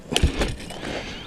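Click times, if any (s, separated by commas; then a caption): 0.2 s. The metal folding handlebar stem of a Solar P1 3.0 electric scooter is raised after the folding latch is lifted, and it snaps up into its locked upright position in the latch with one sharp hit at 0.2 s. Low thuds follow briefly before the sound fades to quiet, and the stem is seated.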